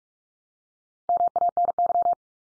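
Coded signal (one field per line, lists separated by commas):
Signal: Morse code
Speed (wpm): 44 wpm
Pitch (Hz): 700 Hz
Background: none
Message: MANY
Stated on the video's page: Drill of the 100 most common English words at 45 wpm, each sent in Morse, spoken, then sent again.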